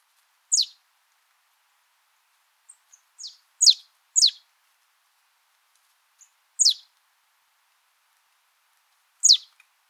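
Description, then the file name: Marsh tit calls: short, sharp, high descending notes given singly or in pairs at irregular intervals, with near silence between. "Poecile palustris"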